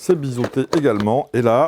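A plastic ball magazine is being handled at a Nerf Rival Zeus toy blaster, lined up bevelled side up after first trying the wrong orientation. Only someone talking is heard, with no clicks or impacts, and nothing has seated or clicked into the blaster yet.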